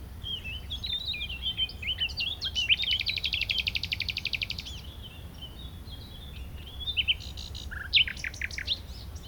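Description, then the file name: Common nightingale singing: twittering notes lead into a long, rapid buzzy trill, then softer varied chirps and sharp notes, with a constant low background rumble. "Luscinia megarhynchos"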